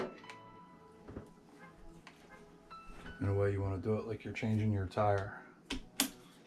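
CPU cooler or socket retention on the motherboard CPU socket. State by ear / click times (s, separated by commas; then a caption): seated / 5.7 s, 6.0 s. A CPU cooler or socket retention mechanism is tightened evenly onto the motherboard's CPU socket during a PC build in a Corsair Crystal Series 680X case, while someone talks. Sharp clicks ring out at 5.7 s and 6.0 s, marking it as seated and done.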